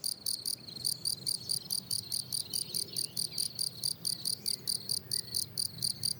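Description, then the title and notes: Field cricket singing rhythmic high chirps in steady succession, each a short buzzy pulse train, with one brief pause near the start, over a quiet background. Lone, fairly isolated individual singing rhythmically on the plateau de Lesches en Diois, France; 27 June 2018, 10:00, hot day already 23°C; Nagra Seven recorder with MKH8040 microphone. "Un grillon champêtre. plateau de Lesches en Diois"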